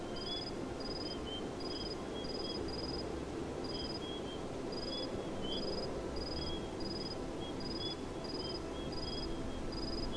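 Steady, soft wind hiss fills the scene with a low rumble underneath, while short, bright chirping tones repeat regularly throughout, like insects.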